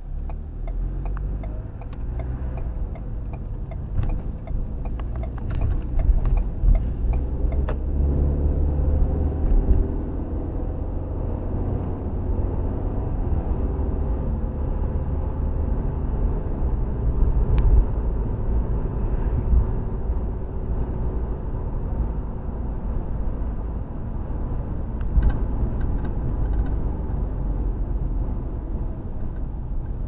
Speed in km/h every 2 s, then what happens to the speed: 15, 18, 23, 32, 44, 53, 60, 63, 64, 64, 64, 64, 60, 50, 39.
0-16 speeds up to 64. 16-23 steady at about 64. 23-30 brakes to 39.